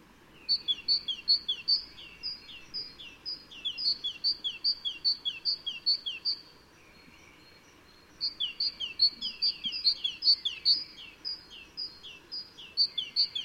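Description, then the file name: Great tit calling in long runs of sharp, high paired notes with a slight downward slur, pausing briefly midway before starting again. "Parus major"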